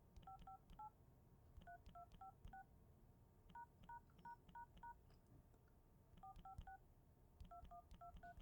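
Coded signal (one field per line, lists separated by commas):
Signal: DTMF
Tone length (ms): 110 ms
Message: 558 3256 ##### 456 2123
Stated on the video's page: Stereo phone dialing sound effect recorded with two condenser microphones.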